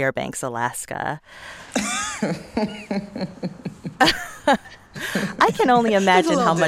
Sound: laughter

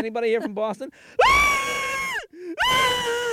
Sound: soundbite of screaming

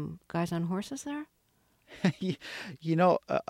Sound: laughs

